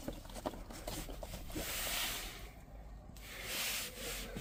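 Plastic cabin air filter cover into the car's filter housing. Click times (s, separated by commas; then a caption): 0.5 s. A plastic cabin air filter access cover on a 2007–2017 Jeep Patriot/Compass is lined up and pushed into the car's filter housing, with rubbing and scraping of plastic. A short, sharp click at 0.5 s shows the cover is seated, followed by more soft handling noise and broadband hiss.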